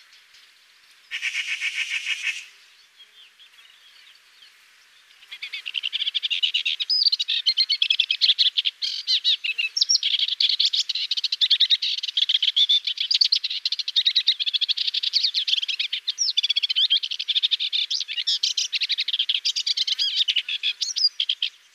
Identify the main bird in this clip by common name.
Sykes's Warbler